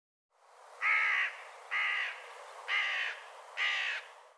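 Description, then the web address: Bird repeating four harsh caws, evenly spaced and of similar length. "cianscape birddata"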